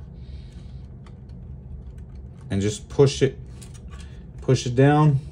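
While a PlayStation 1 console is being reassembled, the laser assembly's ribbon cable is pushed down toward its connector on the motherboard, with a few faint light ticks of handling under low background noise. Someone talks over the handling. Nothing has seated or clicked into place yet by the end of the clip.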